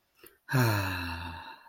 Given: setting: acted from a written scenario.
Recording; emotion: vocal sound without words; contentment